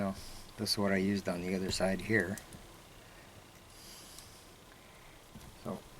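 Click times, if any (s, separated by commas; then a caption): 4.2 s, 5.7 s. Someone talks for the first two and a half seconds, then presses the release tab on a truck seat's headrest guide sleeve with a tool. The lock on the metal headrest post clicks open at 4.2 s and 5.7 s, releasing the post so the headrest comes out part way.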